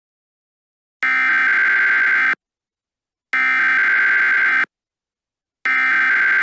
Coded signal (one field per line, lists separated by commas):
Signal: Emergency Alert System (SAME) tones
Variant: header bursts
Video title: EAS Scenario Ghost Trains Part 1